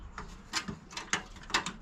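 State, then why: Not seated. A metal motherboard I/O shield is handled and pressed against the rear panel opening of a PC case, producing a series of short, bright metallic clicks and taps around 0.6, 1.1 and 1.6 seconds. The shield has not seated or clicked into place yet.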